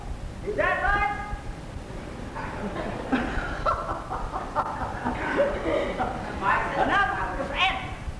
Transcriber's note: laughing